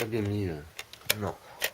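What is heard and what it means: Someone talks while handling a part of a second-hand Wii video game console, pushing it back into the console after a first bad fit. A few short, sharp handling knocks are heard between the words, but nothing has seated or clicked into place yet.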